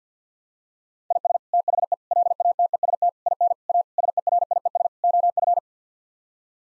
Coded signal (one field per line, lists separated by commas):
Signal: Morse code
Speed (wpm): 50 wpm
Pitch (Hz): 700 Hz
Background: none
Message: IS THE LATEST IN A SERIES OF